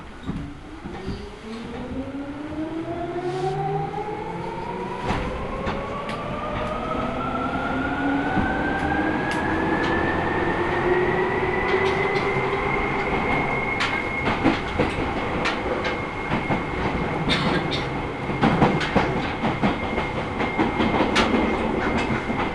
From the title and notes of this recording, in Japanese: 耳で楽しむ鉄道旅 西武鉄道 本川越→東村山→小川→萩山→青梅街道。